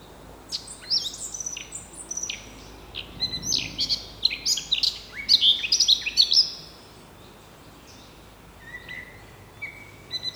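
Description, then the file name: Eurasian blackcap song: a fast, scratchy warble and clear fluty phrases for about six seconds, followed by a few soft, scattered notes. "Sylvia atricapilla"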